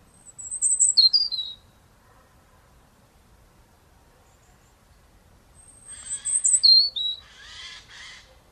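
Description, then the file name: European robin singing two thin, high warbled phrases separated by several seconds of quiet, the second ending in a brief rough rustling burst. "Erithacus rubecula"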